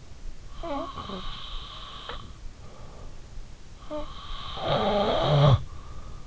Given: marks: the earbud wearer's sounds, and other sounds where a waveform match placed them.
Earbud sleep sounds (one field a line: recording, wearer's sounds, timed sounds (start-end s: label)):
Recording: sounds in sleep by an in-ear microphone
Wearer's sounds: snoring breath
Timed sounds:
0.00-2.80 s: snoring breath
3.60-6.17 s: snoring breath